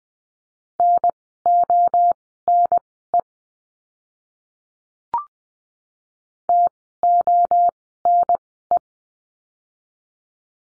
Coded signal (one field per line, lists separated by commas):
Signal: Morse code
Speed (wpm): 20 wpm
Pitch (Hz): 700 Hz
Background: none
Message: NONE TONE